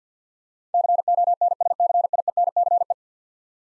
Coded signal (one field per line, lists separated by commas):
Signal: Morse code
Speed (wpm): 50 wpm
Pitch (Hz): 700 Hz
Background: none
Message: CONSCIENCE